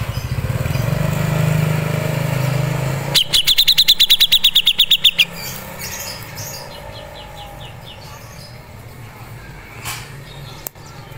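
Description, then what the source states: Grey-cheeked Bulbul, a quick string of bright, evenly spaced chip notes lasting about two seconds after low humming noise, then faint chirps. Masteran training audio.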